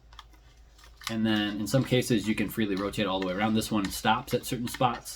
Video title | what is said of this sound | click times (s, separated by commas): AR-15 "Need to Haves" and "Nice to Haves" | you just pop this in clicks into place | 0.1 s, 0.2 s